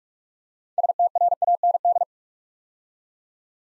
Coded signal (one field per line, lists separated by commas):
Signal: Morse code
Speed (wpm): 44 wpm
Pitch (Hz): 700 Hz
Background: none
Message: STRAND